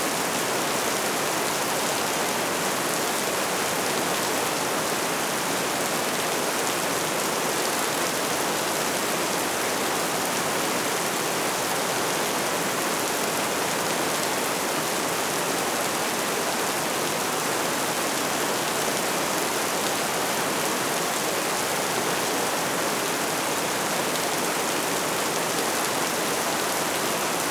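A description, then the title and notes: Heavy rain pours down in a dense, unbroken wash that holds steady from start to finish. The hiss is full and bright, with thinner low end and countless fine drops blurred together, without distinct splashes or pauses. Deluge of Rain.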